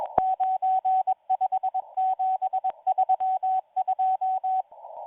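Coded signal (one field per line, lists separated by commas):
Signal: Morse code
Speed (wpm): 21 wpm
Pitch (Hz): 750 Hz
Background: radio noise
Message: 95732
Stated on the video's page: Hand-sent live Russian Morse numbers station on 5810 kHz shortwave, received on a WebSDR.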